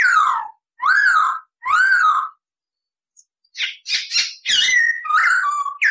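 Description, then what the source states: Masked laughingthrush with three loud, downslurred harsh notes, a pause, then a burst of rapid chattering notes. Singing actively (gacor); used as master training audio for cage birds.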